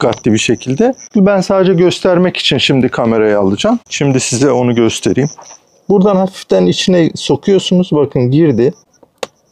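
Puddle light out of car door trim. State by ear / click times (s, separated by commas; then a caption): released / 9.2 s. A puddle light on the underside of the door trim of a Tesla Model Y Juniper is released, popping out lightly with a sharp click at 9.2 s, preceded by two faint ticks. Someone talks for most of the clip before the lamp comes out.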